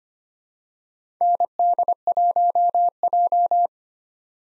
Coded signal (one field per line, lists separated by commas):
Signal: Morse code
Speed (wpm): 25 wpm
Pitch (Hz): 700 Hz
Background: none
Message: ND1J